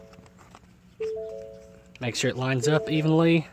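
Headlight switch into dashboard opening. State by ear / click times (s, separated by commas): not seated / none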